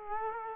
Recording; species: mosquito wingbeat signal from an infrared sensor; Culex quinquefasciatus